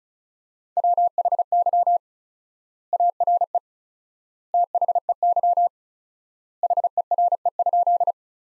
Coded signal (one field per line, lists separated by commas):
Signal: Morse code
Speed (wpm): 34 wpm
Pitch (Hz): 700 Hz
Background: none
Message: WHY ARE THEY HERE?